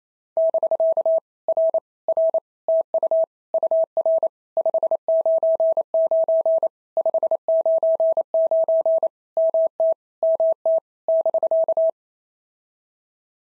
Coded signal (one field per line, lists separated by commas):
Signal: Morse code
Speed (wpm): 28 wpm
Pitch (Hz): 650 Hz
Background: none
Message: <BK> R R TU UR 599 599 MT MT <BK>